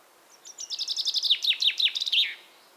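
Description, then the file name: Common chaffinch delivering one complete song, a rapid run of high notes falling in steps and finishing with a sharp flourish. "Fringilla coelebs"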